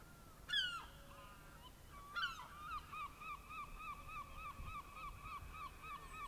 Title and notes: Sounds of gulls calling in an otherwise quiet atmosphere.